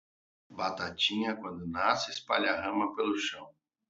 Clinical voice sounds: short text; Brazilian Portuguese; male; 30 to 39 years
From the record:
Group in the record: control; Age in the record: 37 years

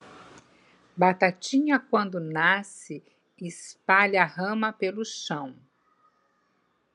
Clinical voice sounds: short text; Brazilian Portuguese; female; 60 to 69 years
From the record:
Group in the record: control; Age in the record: 63 years

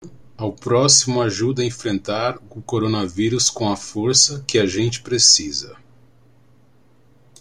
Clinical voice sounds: spoken sentence; Brazilian Portuguese; male; 50 to 59 years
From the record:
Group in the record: control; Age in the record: 50 years

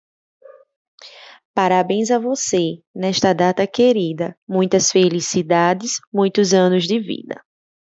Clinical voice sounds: short text; Brazilian Portuguese; female; 30 to 39 years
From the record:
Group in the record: control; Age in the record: 30 years

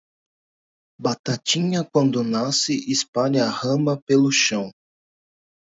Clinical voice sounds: short text; Brazilian Portuguese; male; 30 to 39 years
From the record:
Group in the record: control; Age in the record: 32 years

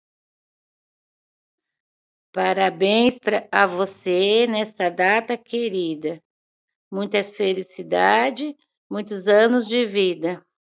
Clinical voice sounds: short text; Brazilian Portuguese; female; 40 to 49 years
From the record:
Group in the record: control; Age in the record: 45 years

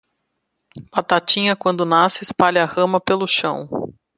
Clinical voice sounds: short text; Brazilian Portuguese; female; 30 to 39 years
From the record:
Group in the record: control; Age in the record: 39 years

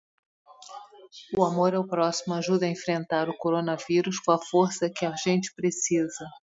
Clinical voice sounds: spoken sentence; Brazilian Portuguese; female; 50 to 59 years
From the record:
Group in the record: control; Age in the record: 54 years

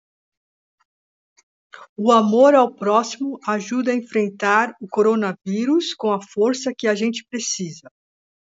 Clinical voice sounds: spoken sentence; Brazilian Portuguese; female; 50 to 59 years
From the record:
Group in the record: control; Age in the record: 53 years

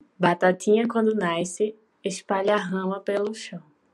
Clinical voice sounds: short text; Brazilian Portuguese; female; 20 to 29 years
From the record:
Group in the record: control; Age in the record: 21 years

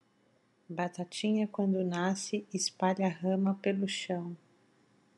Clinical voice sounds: short text; Brazilian Portuguese; female; 40 to 49 years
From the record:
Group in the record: control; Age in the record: 45 years

